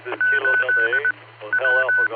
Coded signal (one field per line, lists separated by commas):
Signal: Morse code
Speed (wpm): 20 wpm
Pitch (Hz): 1500 Hz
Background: speech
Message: 8 W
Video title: Barometer Net sponsored by Silvercreek Amateur Radio Assoc. 147.39+ repeater 114.8 PL 7AM, 10-6-25